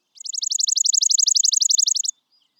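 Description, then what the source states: Chipping Sparrow singing one dry, even, high trill of rapid identical chips, about two seconds long, then silence. Rusty brown mohawk.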